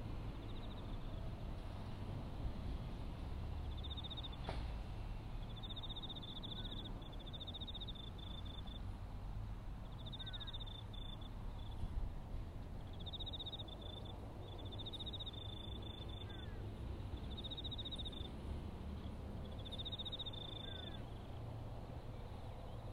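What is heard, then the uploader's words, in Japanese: Autumn insects call over and over, their chirring trills repeating in bursts of a second or two with brief gaps, high and thin above a steady low rumble. A single sharp knock sounds near the five-second mark, and the overall level stays even throughout. そして、夜も徐々に肌寒くなってきて、頑張っているのはひたすら相手を探す秋虫たちの鳴き声。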